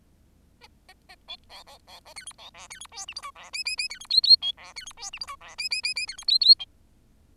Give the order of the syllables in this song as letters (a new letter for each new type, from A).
A A A B C C C A D E C F D E G H I J F K K K D E L L B F D E G H I J F K K K K D E L L B